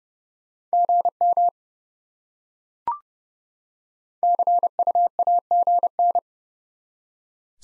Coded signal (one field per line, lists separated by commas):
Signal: Morse code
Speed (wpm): 30 wpm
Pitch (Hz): 700 Hz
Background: none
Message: GM CUAGN